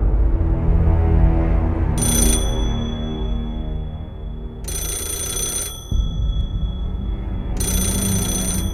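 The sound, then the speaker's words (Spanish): An old-style black telephone bell rings in three bright, buzzing bursts of about a second each, spaced a couple of seconds apart, over a steady low rumbling drone, marking 3:30 in the morning. “El teléfono negro anuncia que son las 3:30 en punto de la madrugada.”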